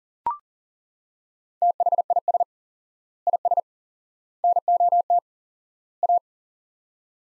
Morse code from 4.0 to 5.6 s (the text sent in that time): NOT